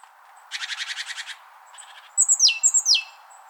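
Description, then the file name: Great tit calls: a dry churring rattle of rapid buzzy pulses, a brief softer buzz, then high notes that sweep steeply downward. "Parus major"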